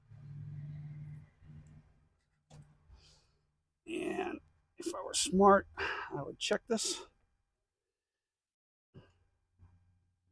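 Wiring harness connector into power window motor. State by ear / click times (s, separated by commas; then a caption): not seated / none. A wiring harness connector is plugged into a replacement power window motor on a Ford F250, with someone talking over a low hum and a few faint soft knocks near 2.5 s and 3.9 s. No click is heard, and nothing has seated or clicked yet.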